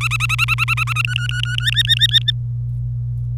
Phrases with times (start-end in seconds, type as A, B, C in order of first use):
0.01-1.02 A, 1.04-1.56 B, 1.58-2.31 C